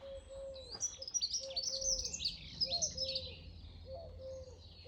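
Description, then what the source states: Birds singing, a dense chorus of high twittering and chirping phrases, with repeated cooing notes beneath and a steady low hum. Birds singing in the morning.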